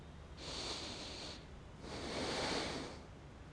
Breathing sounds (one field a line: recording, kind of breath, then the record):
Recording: one breath in and out by a microphone near the nose and mouth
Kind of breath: deep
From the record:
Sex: male